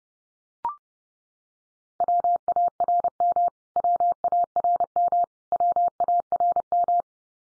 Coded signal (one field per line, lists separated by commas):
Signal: Morse code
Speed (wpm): 30 wpm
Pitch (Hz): 700 Hz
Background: none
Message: WARM WARM WARM